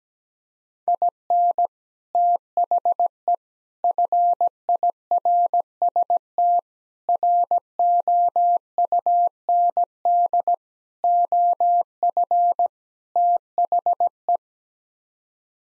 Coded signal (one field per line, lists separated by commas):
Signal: Morse code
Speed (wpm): 17 wpm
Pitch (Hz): 700 Hz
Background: none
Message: IN THE FIRST ROUND OF THE